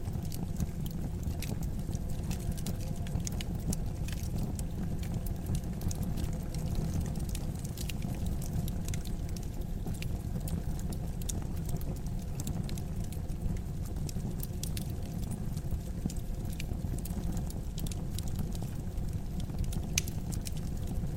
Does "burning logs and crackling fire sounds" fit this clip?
yes